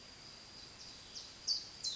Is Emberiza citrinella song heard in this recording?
no